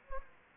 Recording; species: mosquito wingbeat signal from an infrared sensor; Anopheles gambiae